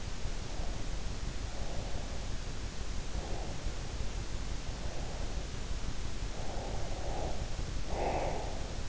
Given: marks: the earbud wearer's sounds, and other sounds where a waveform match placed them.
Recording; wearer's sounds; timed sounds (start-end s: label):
sounds in sleep by an in-ear microphone; breath
0.33-2.37 s: breath
3.11-5.63 s: breath
6.34-8.89 s: breath